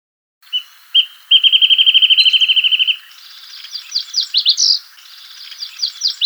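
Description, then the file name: Wrentit song: two short notes, then a fast, even trill of bright repeated notes, followed by sharp, rapid chirps. "suara call song burung wrentit omkicau"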